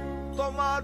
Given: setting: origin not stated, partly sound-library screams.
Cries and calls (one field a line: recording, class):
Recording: one-second piece from a danger detection set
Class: normal situation